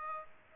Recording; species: mosquito wingbeat signal from an infrared sensor; Aedes aegypti